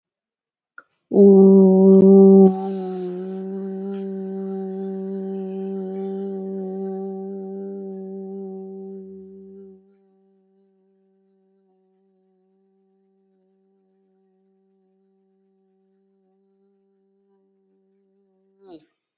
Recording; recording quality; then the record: sustained vowel as in boot; excellent, no background noise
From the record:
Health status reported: healthy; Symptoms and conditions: none ticked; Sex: female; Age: 42 years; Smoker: not ticked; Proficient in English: no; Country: India